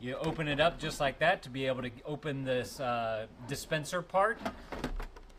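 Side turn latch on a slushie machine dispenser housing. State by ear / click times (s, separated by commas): seated / 4.8 s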